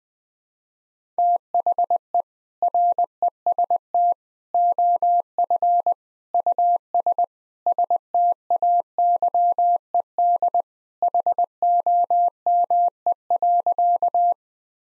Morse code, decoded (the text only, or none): THE REST OF US STAYED HOME.